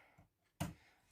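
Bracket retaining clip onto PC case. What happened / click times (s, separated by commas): The plastic retaining clip snapped shut / 0.6 s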